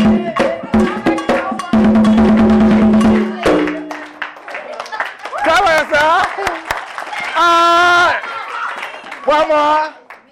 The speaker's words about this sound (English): Okay, now take the bell. Yeah, he's gonna play the bell. Okay. Now and then the stick.